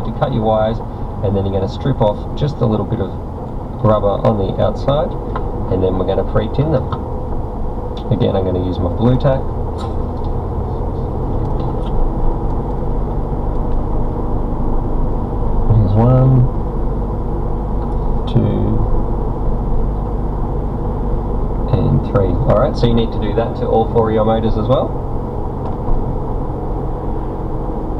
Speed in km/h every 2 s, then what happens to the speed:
26, 29, 35, 35, 39, 45, 48, 48, 48, 48, 47, 44, 44, 45.
0-12 speeds up to 48. 12-28 steady at about 47.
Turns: none.